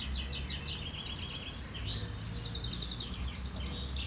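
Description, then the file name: Common chaffinch calls, a busy stream of quick high chirps and trilled notes overlapping one another, with constant low-pitched background hum. "vink"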